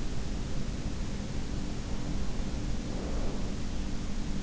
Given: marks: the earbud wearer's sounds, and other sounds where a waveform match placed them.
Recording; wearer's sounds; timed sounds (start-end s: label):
sounds in sleep by an in-ear microphone; breath
1.41-3.76 s: breath